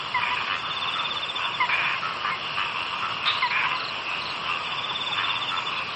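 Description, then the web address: Frogs in full chorus, rapid rattling croaks overlapping without pause, with a few louder bursts standing out. "bumbungrec kaeru frog"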